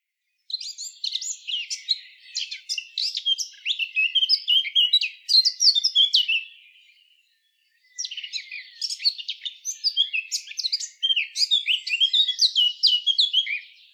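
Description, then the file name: Eurasian blackcap song: a long, rapid, scratchy warble of high chirps and twittering notes, pausing briefly around the middle before resuming just as busily. "Sylvia atricapilla"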